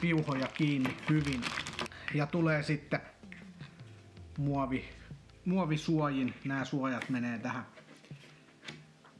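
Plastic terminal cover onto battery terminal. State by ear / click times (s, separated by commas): not seated / none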